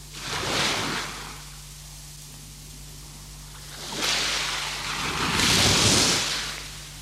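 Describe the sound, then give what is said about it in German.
Broad rushing surf swells and recedes in waves, one crash early, then a longer, louder wash building after a lull, with a steady low hum underneath. “Das Meer.”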